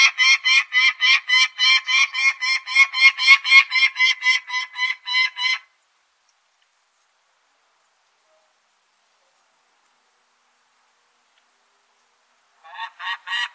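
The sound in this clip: Peregrine falcon calling in a fast run of harsh, raspy kak notes for about five seconds, then a long silence before the cackling starts up again.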